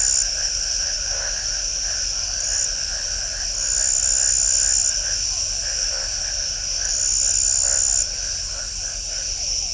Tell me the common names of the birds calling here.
none